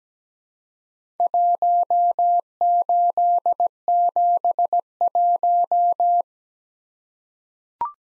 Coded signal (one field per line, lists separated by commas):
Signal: Morse code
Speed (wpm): 17 wpm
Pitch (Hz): 700 Hz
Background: none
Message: 1871